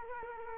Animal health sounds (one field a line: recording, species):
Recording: mosquito wingbeat signal from an infrared sensor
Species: Culex quinquefasciatus